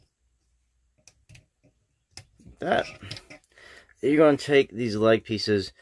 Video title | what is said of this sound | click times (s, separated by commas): Walmart Exclusive Transformers Headmaster Weirdwolf with Monxo Review | that they snap into place like | 1.1 s, 2.2 s